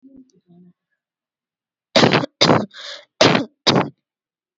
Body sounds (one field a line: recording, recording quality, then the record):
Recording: heavy voluntary cough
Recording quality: excellent, no background noise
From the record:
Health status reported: healthy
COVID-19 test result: negative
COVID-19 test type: RT-PCR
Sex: female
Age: 21 years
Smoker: no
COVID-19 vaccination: both doses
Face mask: worn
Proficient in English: yes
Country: India